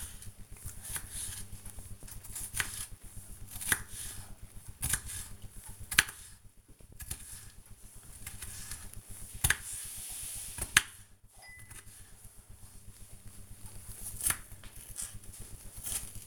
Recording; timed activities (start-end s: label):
household activities, microphone on the right wrist
0.00-16.27 s: cutting vegetables